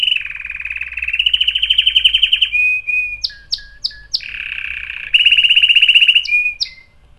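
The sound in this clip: Canary song with fast rolling trills, then a run of sharp down-slurred chirps, then more bright trilled tours.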